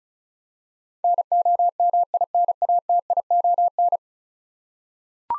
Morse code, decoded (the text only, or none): NOMINATION